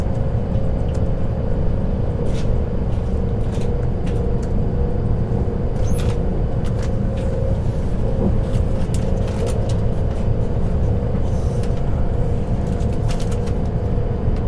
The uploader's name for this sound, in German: Zugfahrt in der Nacht